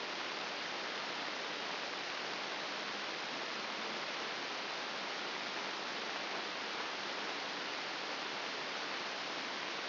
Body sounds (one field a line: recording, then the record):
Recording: brain microelectrode recording played as sound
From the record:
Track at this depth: outside the subthalamic nucleus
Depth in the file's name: 6.501 mm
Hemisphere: left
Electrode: 2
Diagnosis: Parkinson's disease